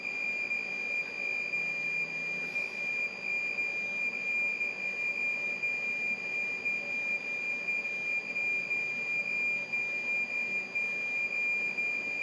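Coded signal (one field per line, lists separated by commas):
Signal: computer data on cassette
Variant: MSX, 2400 baud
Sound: a continuous high buzzing tone with slight flutters over hiss, from a small buzzer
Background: background hiss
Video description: He conectado el Buzzer del MegaDuino para que se escuchen los "pitidos" de carga.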